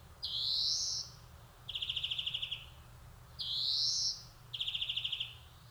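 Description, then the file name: European greenfinch giving a drawn-out rising wheeze, then a short buzzy pulsed trill, the pair given twice. "Chloris chloris"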